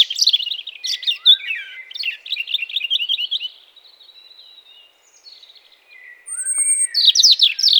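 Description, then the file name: European robin singing rapid jingling phrases, briefly fainter in the middle, then a bright loud flourish at the end. "Erithacus rubecula"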